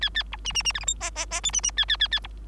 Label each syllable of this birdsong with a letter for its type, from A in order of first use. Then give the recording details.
A A B C C C D E F G G G H C C A A A A B. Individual Bird3